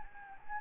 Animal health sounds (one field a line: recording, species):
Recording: mosquito wingbeat signal from an infrared sensor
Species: Anopheles gambiae